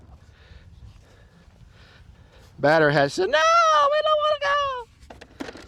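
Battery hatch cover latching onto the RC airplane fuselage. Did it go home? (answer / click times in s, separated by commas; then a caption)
yes / 5.4 s. Someone talks while closing the latch-type foam battery hatch on the fuselage of an Arrows RC Tecnam 2010 RC airplane before its next flight. A few faint taps follow, then the latch clicks at 5.4 s and the hatch catches shut, seated.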